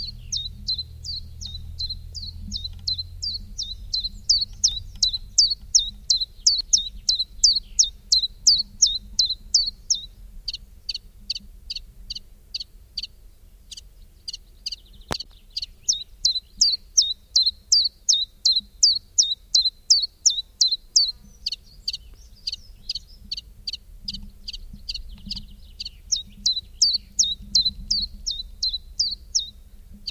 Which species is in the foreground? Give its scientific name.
Phylloscopus collybita